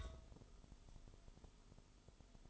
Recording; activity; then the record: daily activity, microphone in the room; take from stove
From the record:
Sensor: 5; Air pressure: 988.4 hPa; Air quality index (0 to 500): 203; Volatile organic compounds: 81 ppm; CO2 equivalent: 3613 ppm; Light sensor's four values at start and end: 47/140/55/60 and 47/139/55/59